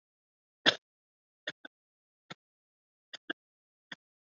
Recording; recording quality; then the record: shallow voluntary cough; poor, much background noise or distortion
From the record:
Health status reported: COVID-19 positive, mild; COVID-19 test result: positive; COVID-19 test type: RT-PCR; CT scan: not taken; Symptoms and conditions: fatigue, muscle pain, diarrhoea, hypertension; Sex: male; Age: 54 years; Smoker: no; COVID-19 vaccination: both doses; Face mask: worn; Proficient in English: no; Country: India